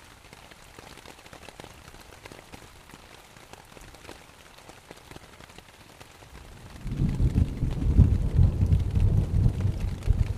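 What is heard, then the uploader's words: Morning rain patters on a tent in a soft, steady scatter of fine drops. Just before the seventh second a deep, rough rumble swells in and keeps churning to the end, much louder than the rain, which continues faintly above it. Morning Rain in the Tent.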